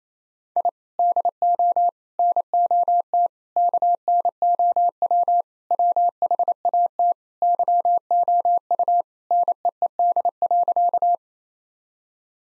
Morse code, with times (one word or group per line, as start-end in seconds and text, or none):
0.6-0.7 I
1.0-1.9 DO
2.2-3.3 NOT
3.6-5.4 KNOW
5.7-7.1 WHAT
7.4-9.0 YOU
9.3-11.2 NEED.